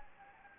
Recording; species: mosquito wingbeat signal from an infrared sensor; Anopheles gambiae